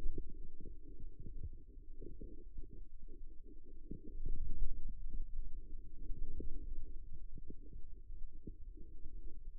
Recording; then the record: forearm muscle sounds (acoustic myography)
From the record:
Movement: ulnar deviation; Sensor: system 2, bracelet of six BSWA MPA416 microphones around the upper forearm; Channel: 1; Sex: male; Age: 22 years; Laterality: right